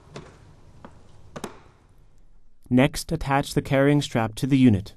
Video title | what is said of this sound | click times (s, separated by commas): Powered Air Purifying Respirator - Dräger X-plore® 7300 | close the filter cover and press until it clicks back into place | 1.4 s